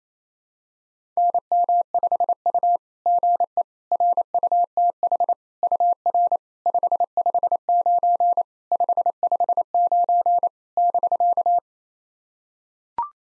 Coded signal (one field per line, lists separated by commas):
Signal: Morse code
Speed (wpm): 28 wpm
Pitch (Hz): 700 Hz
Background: none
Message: NM5U GE RUTH UR 559 559 <BK>